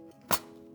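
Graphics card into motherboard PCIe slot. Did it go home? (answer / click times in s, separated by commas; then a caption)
yes / 0.3 s. A graphics card is pressed down into the top PCIe slot of a motherboard, and the slot's retention latch gives one short, sharp click at 0.3 s over a steady low background hum. The card is seated.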